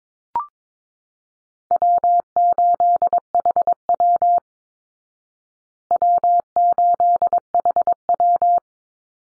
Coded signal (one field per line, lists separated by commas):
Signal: Morse code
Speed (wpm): 22 wpm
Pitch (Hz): 700 Hz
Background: none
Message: W8HW W8HW